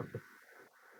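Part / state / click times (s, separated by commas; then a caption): wiring connector onto headlight bulb / not seated / none. A wire connector is being handled onto a Sylvania Xtravision halogen headlight bulb in a Toyota Highlander, with the clip facing out, to be pushed on until it clicks. Two soft, low thumps of handling at about 0.0 and 0.15 s fade into faint rustling for the rest of the second. Nothing has seated or clicked yet.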